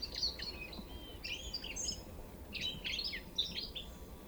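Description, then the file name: European goldfinch twittering calls in two bursts, liquid chirps and short whistled notes separated by a brief pause, over a faint low rumble. "Carduelis carduelis"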